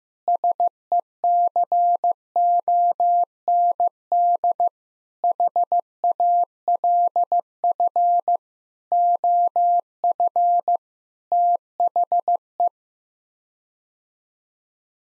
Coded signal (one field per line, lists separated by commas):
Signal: Morse code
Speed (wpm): 16 wpm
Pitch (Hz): 700 Hz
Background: none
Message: SECOND HALF OF THE